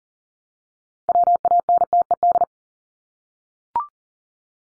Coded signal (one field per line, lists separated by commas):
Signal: Morse code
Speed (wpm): 40 wpm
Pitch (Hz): 700 Hz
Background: none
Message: WANTED